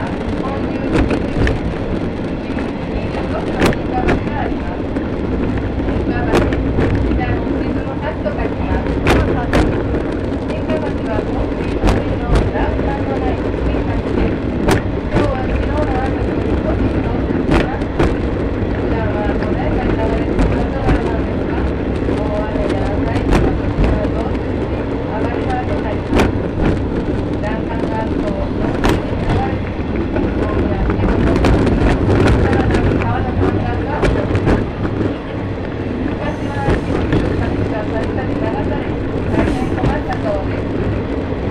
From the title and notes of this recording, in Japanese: 予土線しまんトロッコ2号 江川崎→土佐大正。8割方トロッコ車両は埋まっていました。案内人の話を聞きながらのんびりと走っていきますが、トンネル区間が多いので結構轟音だらけになります。また意外と風が冷たいです。前日まで大雨だったこともあり川の水は汚かったですが、空気はとてもきれいに感じました。